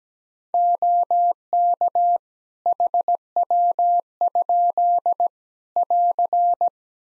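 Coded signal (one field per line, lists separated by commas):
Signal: Morse code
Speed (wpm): 17 wpm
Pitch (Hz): 700 Hz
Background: none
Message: OK HW? <AR>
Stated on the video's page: Practice QSO beginning segment (RST, QTH, name) sent at 17 wpm for head-copy, sent twice.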